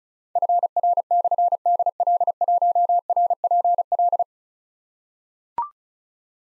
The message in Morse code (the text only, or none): FR/DL1RPL